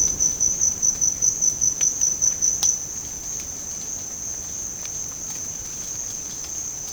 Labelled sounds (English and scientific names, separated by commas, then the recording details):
none
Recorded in dense forest near Puerto Asís, Putumayo, Colombia, on 30 June 2025 at 13:30
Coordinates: 0.486, -76.317
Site G065